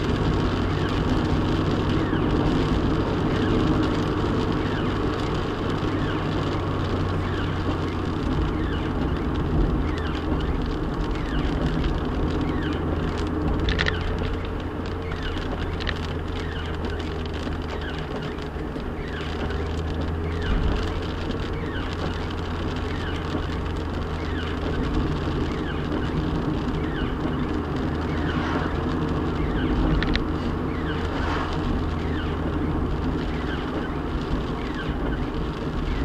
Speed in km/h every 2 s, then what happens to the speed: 53, 55, 56, 53, 48, 45, 47, 50, 47, 47, 50, 47, 45, 45, 47, 47, 44, 42.
0-5 steady at about 55. 5-9 slows to 45. 9-21 steady at about 47. 21-36 slows to 42.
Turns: none.